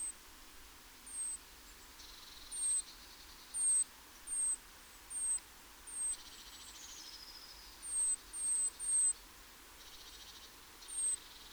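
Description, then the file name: Great tit calls: thin, high, falling notes repeated roughly every second, with a few dry buzzy churring bursts between them over a low steady rumble. "Parus major"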